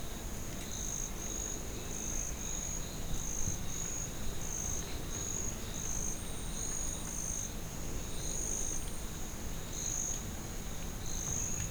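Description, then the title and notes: Crickets chirping in short high pulsed bursts at a steady rhythm over a continuous insect drone, with low rumbling background noise. Crickets in ambience at Parque Nacional de Anavilhanas, Novo Airão, Amazonas, Brazil; stereo, Zoom H6. "AMBTrop Zh 6 Valparaíso, Anavilhanas, Ambience, Mosquitoes Passby, Crickets, Dry Leaves Break, Twigs Snap, Birds FILI URPRU. Canto de pássaros, cigarras, cricrió seringueiro, folhas secas, tarde, estalo de galhos, música distante. Gravado próximo à Cabana Tucuxi, Novo Airão, Amazonas, Amazônia, Brasil. Sonoteca Uirapuru. Beatriz Filizola"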